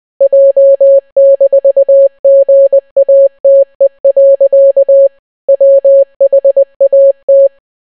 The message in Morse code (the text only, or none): J-GATE. WHAT